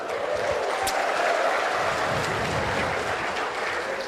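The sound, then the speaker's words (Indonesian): An audience at a gathering in Kepri, Indonesia, claps steadily for about four seconds, a dense, even patter of many hands at a fairly loud, constant level with no voices standing out. “Nggak usah ditepuk tangan, nggak usah.”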